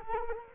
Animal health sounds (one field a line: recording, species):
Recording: mosquito wingbeat signal from an infrared sensor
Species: Culex quinquefasciatus